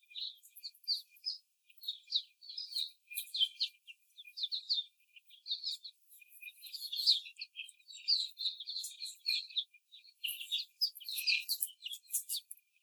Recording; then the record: young laying hens in a cage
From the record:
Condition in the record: after the stressor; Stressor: simulated dog barking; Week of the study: 4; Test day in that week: 2